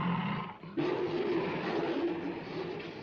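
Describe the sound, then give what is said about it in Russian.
A tiger and a lion snarl and roar at each other in a fierce fight, rearing on their hind legs and swiping with their forepaws, a dense, rasping growl that breaks briefly, then surges back louder and continues without pause. “Один из тигров сцепился со львом.”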